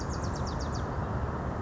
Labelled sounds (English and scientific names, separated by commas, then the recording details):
Bewick's Wren (Thryomanes bewickii)
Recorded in Sonoma County, California